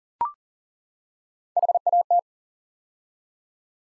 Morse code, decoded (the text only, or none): HAT